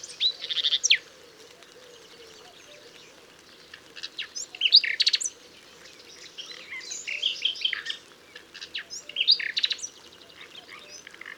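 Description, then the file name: Common nightingale song in separate bursts of rich, scratchy and trilled notes with short pauses between phrases, over a faint low background hum. "Luscinia megarhynchos"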